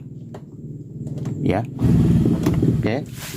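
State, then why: Released. A car door handle lever is pulled to reset a stuck metal car door latch, and the latch clicks open, released, at 0.4 s. Someone talks over a low background rumble.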